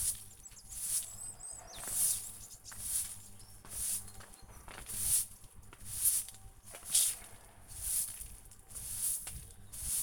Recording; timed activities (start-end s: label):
household activities, microphone on the right wrist
0.00-10.03 s: sweeping the yard